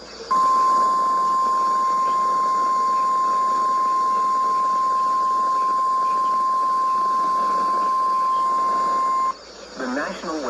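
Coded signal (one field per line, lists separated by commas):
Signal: Emergency Alert System (SAME) tones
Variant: 1050 Hz attention tone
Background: speech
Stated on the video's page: Severe thunderstorm warning from NOAA Weather Radio station KJY68 Chillicothe, Ohio.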